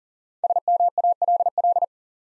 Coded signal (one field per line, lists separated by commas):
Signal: Morse code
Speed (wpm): 37 wpm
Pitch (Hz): 700 Hz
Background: none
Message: SMALL